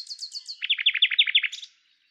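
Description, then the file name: Common nightingale delivering a rapid rattling series of many loud, evenly spaced notes, dropping in pitch after the first few, ending with a brief high flourish. "Luscinia megarhynchos"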